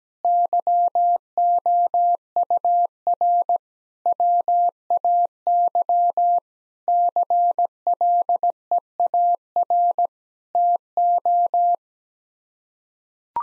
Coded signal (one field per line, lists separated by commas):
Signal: Morse code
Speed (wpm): 17 wpm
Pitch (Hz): 700 Hz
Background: none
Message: YOUR WAY CLEAR TO